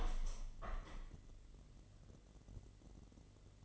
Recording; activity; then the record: daily activity, microphone in the room; open window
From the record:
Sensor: 4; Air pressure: 1015.8 hPa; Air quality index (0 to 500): 123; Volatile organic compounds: 3 ppm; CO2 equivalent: 1378 ppm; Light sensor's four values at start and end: 9/20/8/7 and 9/20/8/8